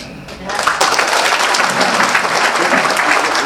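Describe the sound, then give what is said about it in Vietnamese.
A crowd breaks into steady applause for the master monk in the main hall of Tam Nguyên temple after a brief quieter start, many hands clapping densely and evenly at a loud, sustained level for several seconds. “Ngày hôm nay có lẽ là chúng ta cho sư phụ chúng ta một tràng pháo tay để sư phụ nghỉ ngơi trong vòng 1 tiếng, 1 tiếng, 2 tiếng gì đó, vì sư phụ đã cực mấy ngày nay rồi.”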